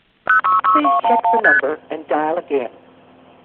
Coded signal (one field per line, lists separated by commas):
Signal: multi-frequency trunk signalling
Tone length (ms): 160 ms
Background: speech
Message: 066211ST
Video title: 15 Min Vintage Telephony Audio. Raw Progress Tones, Mechanical Relay Clicks & Legacy Carrier Bleed